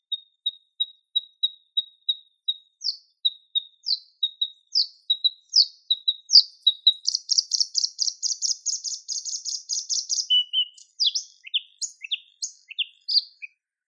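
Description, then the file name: Bluethroat singing: a long run of high ticking notes with upslurred flourishes, then a dense buzzy rattle and scattered sharp mixed notes. "Luscinia svecica"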